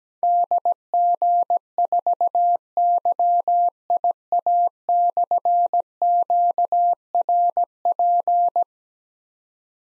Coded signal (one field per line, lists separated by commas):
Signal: Morse code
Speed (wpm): 17 wpm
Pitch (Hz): 700 Hz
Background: none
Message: DG4YIA/QRP